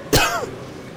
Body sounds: coughing mixed with background sound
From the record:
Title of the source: Coughing 51

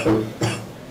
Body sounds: coughing mixed with background sound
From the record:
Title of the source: Cough Around the Clock!

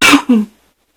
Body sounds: coughing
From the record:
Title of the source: 64 coughing, allergies, singing lungs

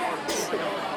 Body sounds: coughing mixed with background sound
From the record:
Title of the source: 55 gaggy wet cough

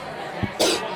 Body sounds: coughing mixed with background sound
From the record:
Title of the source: 61 morning phlegmy cough...again

